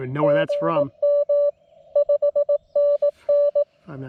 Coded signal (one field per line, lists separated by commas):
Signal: Morse code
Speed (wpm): 19 wpm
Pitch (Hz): 590 Hz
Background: speech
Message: NEM 5NN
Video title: CW POTA at K-5012 with the Lab599 Discovery TX-500 and Gabil GRA-7350TC antenna